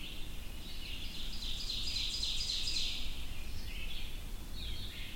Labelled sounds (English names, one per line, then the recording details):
Ovenbird song
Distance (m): 45 m
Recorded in boreal forest in Alberta, Canada, on 22 June 2016 at 05:30
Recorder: SongMeter 3, array SBT-6-76
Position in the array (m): 17 m, 104 m
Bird 2